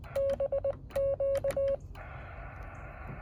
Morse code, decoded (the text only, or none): BQ